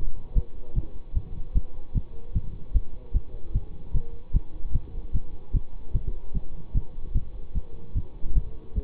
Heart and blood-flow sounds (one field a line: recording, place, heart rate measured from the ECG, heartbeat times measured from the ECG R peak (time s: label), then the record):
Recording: heart sounds by stethoscope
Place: between the tricuspid and mitral areas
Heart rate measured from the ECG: 150 bpm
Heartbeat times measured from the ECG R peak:
0.34 s: heartbeat
0.74 s: heartbeat
1.14 s: heartbeat
1.53 s: heartbeat
1.93 s: heartbeat
2.33 s: heartbeat
2.73 s: heartbeat
3.12 s: heartbeat
3.52 s: heartbeat
3.92 s: heartbeat
4.32 s: heartbeat
4.72 s: heartbeat
5.12 s: heartbeat
5.52 s: heartbeat
5.92 s: heartbeat
6.33 s: heartbeat
6.73 s: heartbeat
7.13 s: heartbeat
7.53 s: heartbeat
7.94 s: heartbeat
8.33 s: heartbeat
8.74 s: heartbeat
From the record:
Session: bicycle stress test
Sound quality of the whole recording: good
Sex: male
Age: 24 years